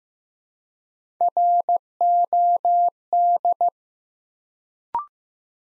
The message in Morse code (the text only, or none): ROD